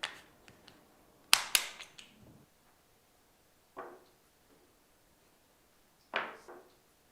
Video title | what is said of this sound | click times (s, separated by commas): Novega PT9 NINETY Battery Replacement | cover you can then close the pt990 with the torque wrench an audible click confirms that the beacon is closed correctly | 1.3 s